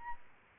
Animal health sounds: mosquito wingbeat signal from an infrared sensor; Aedes albopictus

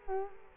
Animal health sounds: mosquito wingbeat signal from an infrared sensor; Culex quinquefasciatus

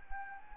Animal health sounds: mosquito wingbeat signal from an infrared sensor; Anopheles arabiensis

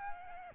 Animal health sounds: mosquito wingbeat signal from an infrared sensor; Aedes albopictus

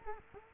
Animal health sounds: mosquito wingbeat signal from an infrared sensor; Culex quinquefasciatus

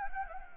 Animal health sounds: mosquito wingbeat signal from an infrared sensor; Anopheles gambiae

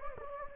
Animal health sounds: mosquito wingbeat signal from an infrared sensor; Anopheles gambiae

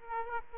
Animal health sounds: mosquito wingbeat signal from an infrared sensor; Aedes aegypti

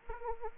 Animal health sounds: mosquito wingbeat signal from an infrared sensor; Anopheles arabiensis

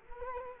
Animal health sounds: mosquito wingbeat signal from an infrared sensor; Culex quinquefasciatus

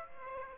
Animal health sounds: mosquito wingbeat signal from an infrared sensor; Aedes aegypti

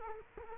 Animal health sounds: mosquito wingbeat signal from an infrared sensor; Culex quinquefasciatus

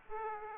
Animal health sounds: mosquito wingbeat signal from an infrared sensor; Aedes aegypti

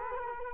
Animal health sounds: mosquito wingbeat signal from an infrared sensor; Culex quinquefasciatus

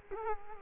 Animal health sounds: mosquito wingbeat signal from an infrared sensor; Culex quinquefasciatus

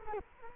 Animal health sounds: mosquito wingbeat signal from an infrared sensor; Culex quinquefasciatus

